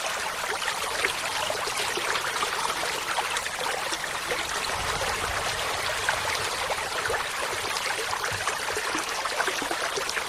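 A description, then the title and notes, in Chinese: Running water flows steadily throughout, a dense, bright trickle and splash like a small stream close by. Countless tiny droplet sounds overlap without pause, and the level stays even from start to finish. A faint low rumble swells slightly around the middle. 流水聲。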